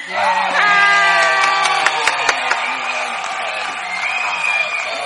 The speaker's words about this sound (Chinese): 我们先掌声欢迎